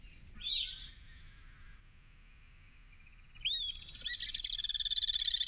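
Alpine swift calls: a short high note, a long quieter stretch, then a rising note leading into a fast, shrill, buzzy trill that grows louder toward the end.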